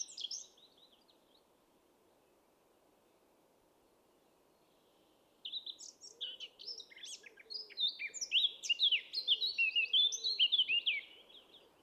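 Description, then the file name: Eurasian blackcap briefly sings, pauses for several seconds, then pours out a long rich warble of quick bright notes over soft low hum. "Sylvia atricapilla"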